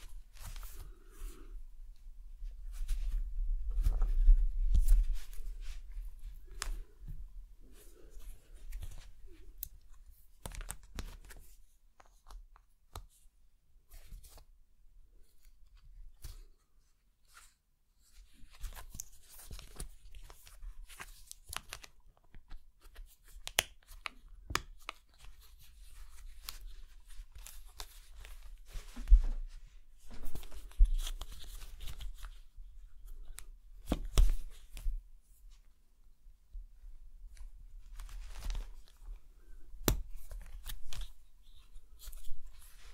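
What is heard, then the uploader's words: Uneven scraping, snipping and crunching clicks from small excavation tools working a damp plaster block, with soft low thumps. In a water-soaked block of plaster. Sounds maked with an excavation kit, like archaeological excavation.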